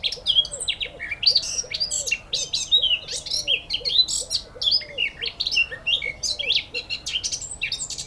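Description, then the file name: Eurasian blackcap song, a fast rich warble of varied chattering and fluty notes, with a low arched note repeated steadily underneath. "Sylvia atricapilla"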